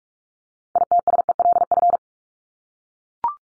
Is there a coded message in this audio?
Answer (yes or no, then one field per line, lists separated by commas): yes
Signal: Morse code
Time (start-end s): 0.8-2.0 s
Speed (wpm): 44 wpm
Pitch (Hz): 700 Hz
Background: none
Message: ITSELF